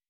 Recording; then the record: hydrophone in a shrimp aquaculture tank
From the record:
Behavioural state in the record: weakened